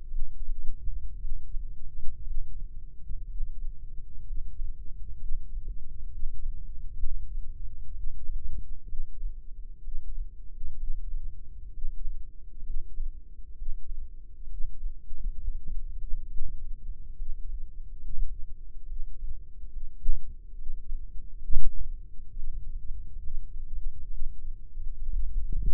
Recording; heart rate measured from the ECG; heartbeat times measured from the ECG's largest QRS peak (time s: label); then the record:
heart sounds by microphone in the left ear; 65 bpm
0.10 s: heartbeat
1.18 s: heartbeat
2.23 s: heartbeat
3.26 s: heartbeat
4.24 s: heartbeat
5.17 s: heartbeat
6.08 s: heartbeat
6.99 s: heartbeat
7.92 s: heartbeat
8.85 s: heartbeat
9.80 s: heartbeat
10.75 s: heartbeat
11.70 s: heartbeat
12.62 s: heartbeat
13.54 s: heartbeat
14.46 s: heartbeat
15.37 s: heartbeat
16.26 s: heartbeat
17.14 s: heartbeat
17.99 s: heartbeat
18.84 s: heartbeat
19.68 s: heartbeat
20.54 s: heartbeat
21.42 s: heartbeat
22.31 s: heartbeat
23.19 s: heartbeat
24.07 s: heartbeat
24.94 s: heartbeat
From the record:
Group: healthy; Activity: Valsalva maneuver 0-25 s, rest 25-26 s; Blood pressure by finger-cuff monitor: 144/90 mmHg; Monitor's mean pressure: 105 mmHg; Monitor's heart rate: 65 bpm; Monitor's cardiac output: 5.3 L/min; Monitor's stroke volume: 82 mL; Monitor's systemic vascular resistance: 1480 dyn s/cm5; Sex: female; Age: 22 years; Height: 171 cm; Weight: 65.6 kg